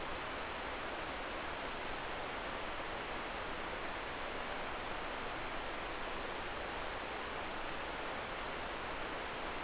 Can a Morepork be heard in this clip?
no